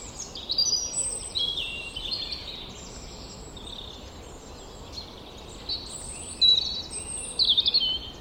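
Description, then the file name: European robin song: a string of short, thin, high warbling phrases with sudden pitch changes, separated by brief pauses, over faint background hiss. "Erithacus rubecula"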